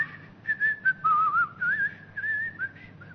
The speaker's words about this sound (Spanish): Me paso silbando.